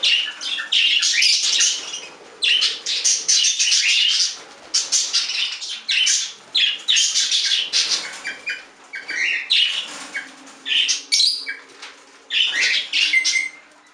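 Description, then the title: Budgerigar chatter, dense rasping warbles and quick chirps running nearly nonstop. "Budgie Sounds"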